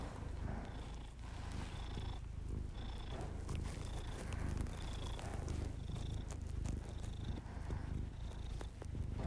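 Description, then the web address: Domestic cat purring, a steady low rumble throughout, with faint regular breath-like hisses pulsing above it. Domestic cat purring, with a person's heavy breathing. "Miss Because. Just Purrs. [Literally just my cat purring and my heavy breathing]"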